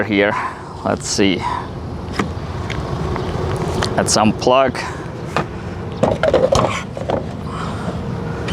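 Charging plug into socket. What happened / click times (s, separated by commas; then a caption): The plug did not snap into its socket / none. Someone talks while a charging plug is pushed toward its socket for charging a Tesla at a CCS station, with short sharp knocks and clacks from about 2.2 to 7.1 s, the loudest near 5.4 and 6.2 s, over a steady background hum. This first plug fails to snap in, and nothing has seated or clicked yet.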